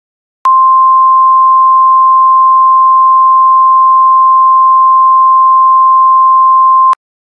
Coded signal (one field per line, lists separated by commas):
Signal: Emergency Alert System (SAME) tones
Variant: 1050 Hz attention tone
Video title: EAS Scenario Special - Burning Earth REMASTERED (READ DESCRIPTION)